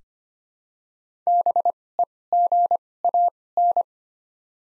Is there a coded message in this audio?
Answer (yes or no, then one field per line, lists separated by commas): yes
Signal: Morse code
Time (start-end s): 1.3-3.8 s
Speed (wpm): 25 wpm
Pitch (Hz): 700 Hz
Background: none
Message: BEGAN